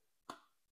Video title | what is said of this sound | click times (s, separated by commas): BMW R1250RS SW-MOTECH Pro Micro Tank Bag Install | And then you pull this, you can hear it click. | 0.3 s